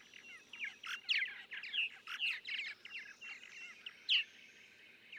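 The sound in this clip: Purple martin song, a series of liquid gurgled notes and sharp chips.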